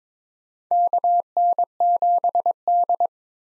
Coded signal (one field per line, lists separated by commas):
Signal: Morse code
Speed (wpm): 22 wpm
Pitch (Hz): 700 Hz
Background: none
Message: KN7D